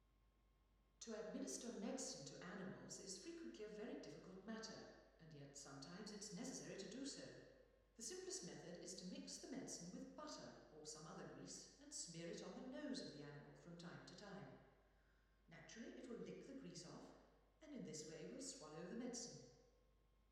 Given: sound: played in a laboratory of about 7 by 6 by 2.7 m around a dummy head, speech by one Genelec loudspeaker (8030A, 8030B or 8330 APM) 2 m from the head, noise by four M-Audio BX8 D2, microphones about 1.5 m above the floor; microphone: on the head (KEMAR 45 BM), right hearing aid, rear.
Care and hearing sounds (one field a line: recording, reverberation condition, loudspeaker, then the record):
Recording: female speech in English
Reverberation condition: high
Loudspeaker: behind (180 degrees)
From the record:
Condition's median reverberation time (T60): about 1300 ms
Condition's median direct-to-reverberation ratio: about -4.0 dB